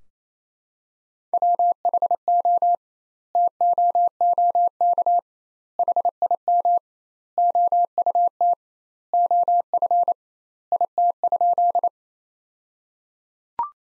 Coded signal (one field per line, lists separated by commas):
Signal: Morse code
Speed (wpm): 28 wpm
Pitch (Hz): 700 Hz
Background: none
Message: WHO TOOK HIM OUT OF IT?